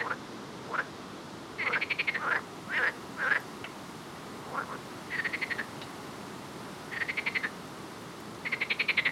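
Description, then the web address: Frog chorus of brief single clucks mixed with longer rattling pulsed croaks, bursts spaced unevenly across the recording. "Soundscape Frog 1"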